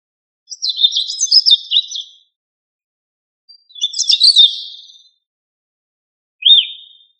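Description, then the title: Thrush song: two rich, varied warbled phrases of fluty and twittering notes, then a short rising-falling whistle after a pause, in otherwise quiet surroundings. "Familia Turdidae - Sabia"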